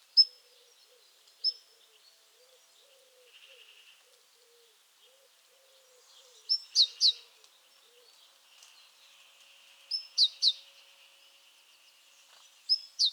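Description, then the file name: Great tit calls: scattered single high notes, then three-note bursts of a level note and two falling sweeps, with soft hissy background sounds and faint low notes. "Parus major"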